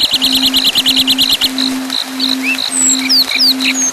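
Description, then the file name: Lark song starting with a fast series of repeated buzzy notes, then rising and falling whistled slurs, over a constant high tone and low hum. Songs of the lark family, for training birds. "keluarga lark kreasi om ct versi panjang omkicau"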